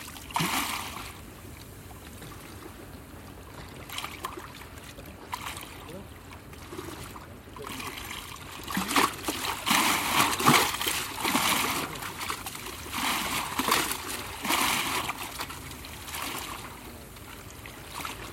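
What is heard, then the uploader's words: Still bay water at night laps and trickles softly, with small splashes growing busier and louder after nine seconds, a faint low rumble underneath. In Kotor Bay. This recording captures a serene moment in which I was sitting on a bench near the port, mindful to hear the still waters of the bay at night.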